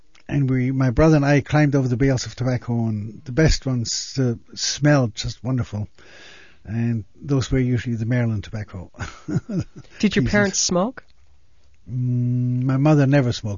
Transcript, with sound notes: and we, my brother and I climbed over the bales of tobacco, and the best ones smelled just wonderful, and those were usually the Maryland tobacco. (he laughs)
Did your parents smoke?
My mother never smoked.